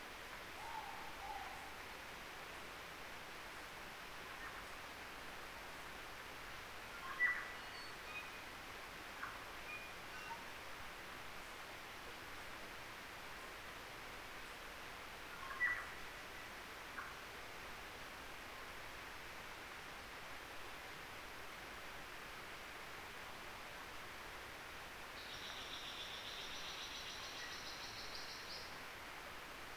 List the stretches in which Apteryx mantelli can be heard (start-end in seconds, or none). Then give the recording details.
none. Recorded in New Zealand on 3 December 2013. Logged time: 04:27. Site DF60